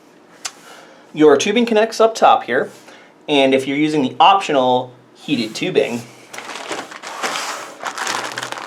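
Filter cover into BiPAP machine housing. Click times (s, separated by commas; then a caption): 0.5 s. A plastic filter cover holding a washable filter is pushed bottom-first back into the housing of a React Health Luna G3 BiPAP machine and snaps into place with a sharp click at 0.5 s. Someone then talks, and brief broadband handling noises follow near the end.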